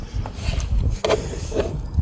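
A bolt is tightened with a ratchet into an engine component on an Opel Astra G SRI with a Z22SE engine, giving low rumbling and rubbing noise with a faint tick at 0.3 s. A sharp, loud crack at 1.1 s marks the bolt's thread stripping at the very end of tightening.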